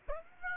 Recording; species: mosquito wingbeat signal from an infrared sensor; Aedes aegypti